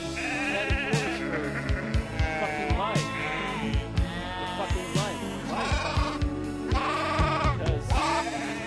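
Sheep bleat again and again in wavering, quavering cries that overlap throughout, with steady rhythmic low thumps running underneath at a fairly even loudness.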